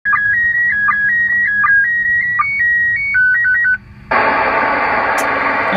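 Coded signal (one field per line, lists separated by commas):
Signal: SSTV (slow-scan television)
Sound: warbling tone stepping between pitches with short low blips, then sudden loud static hiss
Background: radio static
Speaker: it's not a great uh image decoded, but considering this was spur of the moment, just with the microphone of the computer held near the radio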